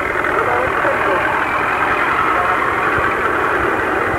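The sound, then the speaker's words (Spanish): The engine of a 1930 Chrysler, car number 18, runs at a steady idle for about four seconds, a continuous, even rumble with a rough, hissy texture and no change in loudness. “Este es el automóvil número 18, un Chrysler del año 1930.”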